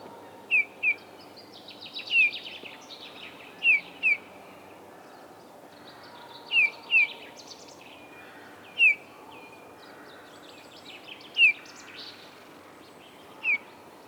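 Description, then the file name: Eurasian bullfinch calls: about ten mellow, falling whistled notes, often in pairs a fraction of a second apart. "Pyrrhula pyrrhula"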